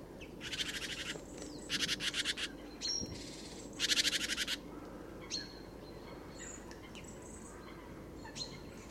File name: Parus major